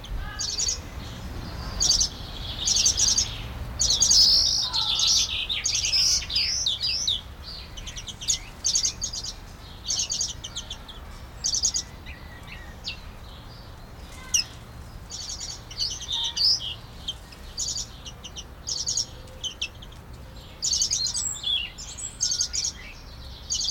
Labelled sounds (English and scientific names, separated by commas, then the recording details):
Common Redpoll (Carduelis flammea)
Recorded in captivity
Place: Zoo Dresden, Sachsen, DE
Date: 1995-05-17 14:15
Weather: bedeckt, 12°C
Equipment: Marantz CP 430, Sennheiser ME 80, Kopie Uher 4000 Report Monitor
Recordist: Tembrock, Günter